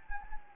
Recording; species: mosquito wingbeat signal from an infrared sensor; Anopheles gambiae